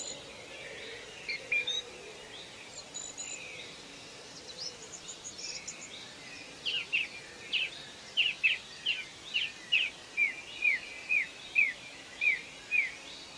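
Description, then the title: Bird song: a fast run of bright chirps, about two per second through the second half, after scattered faint twitters over a steady background hiss. Birds singing in a forest, presented as soothing nature sleep sounds. "Forest and Nature Sleep Sounds - Soothing Birds Singing"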